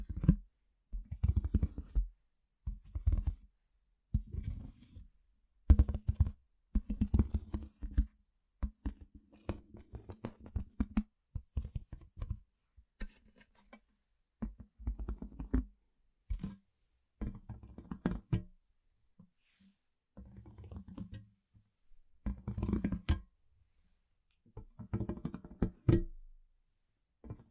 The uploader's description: simple things but big sounds that I find around the house